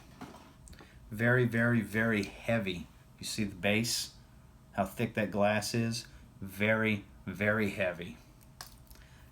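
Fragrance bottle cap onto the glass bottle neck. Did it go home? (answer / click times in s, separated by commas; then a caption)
yes / 8.6 s. Someone talks while presenting a glass perfume bottle with a thick glass base and a very heavy cap made of aluminium with some plastic in the middle. The cap is pressed onto the glass bottle neck and clicks into place with a sharp click at 8.6 s, seating the cap.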